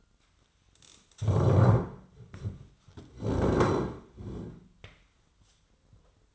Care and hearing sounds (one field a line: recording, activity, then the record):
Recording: daily activity, microphone in the room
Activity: stand up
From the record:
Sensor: 3